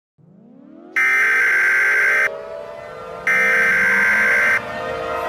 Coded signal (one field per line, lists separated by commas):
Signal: Emergency Alert System (SAME) tones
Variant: header bursts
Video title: The Great Hurricane in Texas (an EAS scenario)